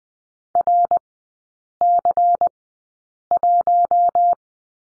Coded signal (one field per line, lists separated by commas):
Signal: Morse code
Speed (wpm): 20 wpm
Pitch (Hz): 700 Hz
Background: none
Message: RC1